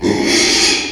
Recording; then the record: squeal of a Yucatan mini pig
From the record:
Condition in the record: after surgery on the right vocal fold (resection and tissue-engineered implant); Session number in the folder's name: 2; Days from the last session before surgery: 13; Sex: male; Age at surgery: 12 weeks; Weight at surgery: 13 kg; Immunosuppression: cyclosporine, prednisolone